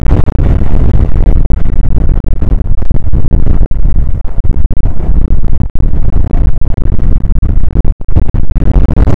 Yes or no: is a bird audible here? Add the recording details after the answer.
no. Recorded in the Prudhoe Bay oil fields, Alaska, on 29 May 2019 at 00:03. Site 25